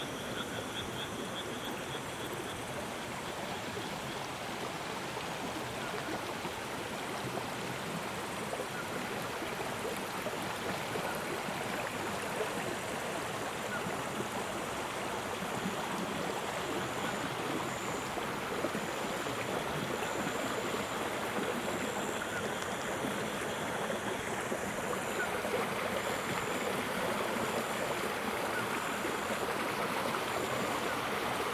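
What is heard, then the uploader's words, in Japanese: A rice paddy at midnight fills the air with a dense, unbroken wash, like running water mixed with a massed chorus of small night callers, steady from start to end. A thin, high pulsing insect call joins on top from about halfway. こえ と おと---- 真夜中の田圃より。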